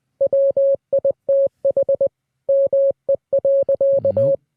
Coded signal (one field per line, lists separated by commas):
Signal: Morse code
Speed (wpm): 20 wpm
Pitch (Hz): 550 Hz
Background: none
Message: WITH ME.